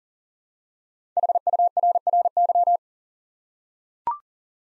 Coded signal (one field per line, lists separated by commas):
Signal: Morse code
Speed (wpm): 42 wpm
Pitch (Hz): 700 Hz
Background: none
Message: HURRY